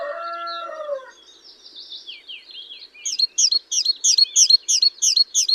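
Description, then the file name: Great tit: a rooster crows at the start, then soft twittering, before a great tit breaks into a fast run of high, ringing two-note phrases. "Parus major"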